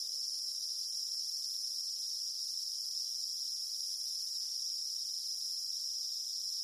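Cicada droning, an intense, shrill, high buzz that never breaks or changes pitch.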